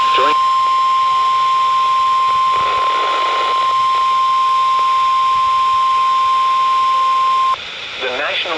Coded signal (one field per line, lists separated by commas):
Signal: Emergency Alert System (SAME) tones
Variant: 1050 Hz attention tone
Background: speech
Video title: The Sangamon Chronicles | EAS Alerts From 6/10-11/2026 (EAS #3,383- 3,456)